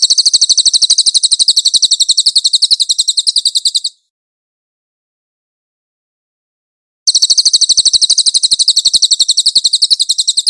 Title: SUARA BURUNG CILILIN